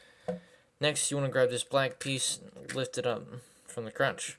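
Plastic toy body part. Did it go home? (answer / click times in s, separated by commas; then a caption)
yes / 0.3 s. The plastic torso section of a Bulkhead transforming toy robot is collapsed down during its conversion and locks into place with a single sharp click at 0.3 s. The torso is seated. After a brief pause, someone talks.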